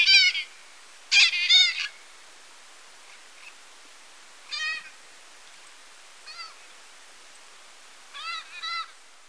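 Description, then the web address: White-capped parrot giving scratchy, nasal squawks, a loud cluster early on, then softer calls spaced every couple of seconds. Ecuador. "Birds of Ecuador. White-capped Parrot"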